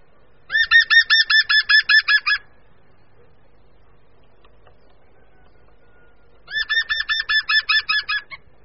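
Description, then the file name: Green woodpecker laughing call, two fast bursts of about ten ringing, even notes, separated by several seconds of quiet. "Žluna-zelená"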